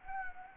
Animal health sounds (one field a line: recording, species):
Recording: mosquito wingbeat signal from an infrared sensor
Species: Anopheles gambiae